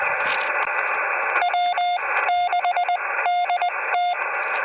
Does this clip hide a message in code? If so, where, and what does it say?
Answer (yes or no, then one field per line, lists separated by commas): yes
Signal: Morse code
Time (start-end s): 1.4-4.1 s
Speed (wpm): 20 wpm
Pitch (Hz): 710 Hz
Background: radio noise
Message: W6DT